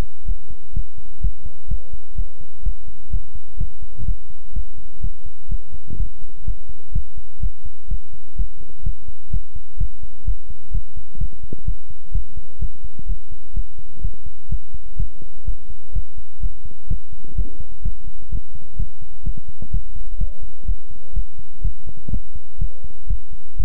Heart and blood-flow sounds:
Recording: heart sounds by stethoscope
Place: between the tricuspid and mitral areas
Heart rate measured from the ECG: 126 bpm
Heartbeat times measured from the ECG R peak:
0.25 s: heartbeat
0.73 s: heartbeat
1.21 s: heartbeat
1.68 s: heartbeat
2.15 s: heartbeat
2.63 s: heartbeat
3.10 s: heartbeat
3.57 s: heartbeat
4.05 s: heartbeat
4.53 s: heartbeat
5.00 s: heartbeat
5.48 s: heartbeat
5.96 s: heartbeat
6.44 s: heartbeat
6.92 s: heartbeat
7.40 s: heartbeat
7.88 s: heartbeat
8.35 s: heartbeat
8.83 s: heartbeat
9.30 s: heartbeat
9.77 s: heartbeat
10.24 s: heartbeat
10.71 s: heartbeat
11.18 s: heartbeat
11.65 s: heartbeat
12.12 s: heartbeat
12.59 s: heartbeat
13.06 s: heartbeat
13.53 s: heartbeat
14.01 s: heartbeat
14.49 s: heartbeat
14.96 s: heartbeat
15.44 s: heartbeat
15.92 s: heartbeat
16.40 s: heartbeat
16.87 s: heartbeat
17.35 s: heartbeat
17.82 s: heartbeat
18.29 s: heartbeat
18.76 s: heartbeat
19.23 s: heartbeat
19.70 s: heartbeat
20.17 s: heartbeat
20.65 s: heartbeat
21.13 s: heartbeat
21.61 s: heartbeat
22.10 s: heartbeat
22.58 s: heartbeat
23.07 s: heartbeat
23.56 s: heartbeat
From the record:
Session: pedaling a stationary bicycle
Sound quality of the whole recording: good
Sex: male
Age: 24 years

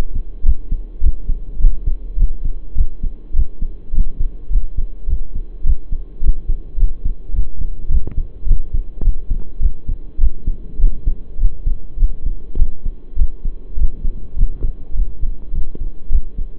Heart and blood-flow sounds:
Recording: heart sounds by stethoscope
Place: between the tricuspid and mitral areas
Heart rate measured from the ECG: 103 bpm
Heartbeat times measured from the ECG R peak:
0.44 s: heartbeat
1.02 s: heartbeat
1.60 s: heartbeat
2.18 s: heartbeat
2.76 s: heartbeat
3.34 s: heartbeat
3.93 s: heartbeat
4.51 s: heartbeat
5.08 s: heartbeat
5.65 s: heartbeat
6.22 s: heartbeat
6.78 s: heartbeat
7.34 s: heartbeat
7.90 s: heartbeat
8.46 s: heartbeat
9.03 s: heartbeat
9.61 s: heartbeat
10.19 s: heartbeat
10.79 s: heartbeat
11.39 s: heartbeat
11.98 s: heartbeat
12.57 s: heartbeat
13.17 s: heartbeat
13.77 s: heartbeat
14.36 s: heartbeat
14.95 s: heartbeat
15.53 s: heartbeat
16.10 s: heartbeat
From the record:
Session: pedaling a stationary bicycle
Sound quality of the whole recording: saturated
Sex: male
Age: 23 years

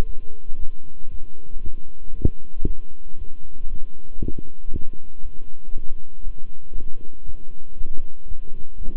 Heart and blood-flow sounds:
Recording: heart sounds by stethoscope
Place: between the tricuspid and mitral areas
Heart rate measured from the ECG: 117 bpm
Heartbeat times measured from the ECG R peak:
0.05 s: heartbeat
0.57 s: heartbeat
1.09 s: heartbeat
1.61 s: heartbeat
2.13 s: heartbeat
2.65 s: heartbeat
3.16 s: heartbeat
3.68 s: heartbeat
4.19 s: heartbeat
4.70 s: heartbeat
5.21 s: heartbeat
5.72 s: heartbeat
6.23 s: heartbeat
6.74 s: heartbeat
7.24 s: heartbeat
7.75 s: heartbeat
8.26 s: heartbeat
8.77 s: heartbeat
From the record:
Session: walking at 3.7 km/h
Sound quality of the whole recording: good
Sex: male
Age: 26 years

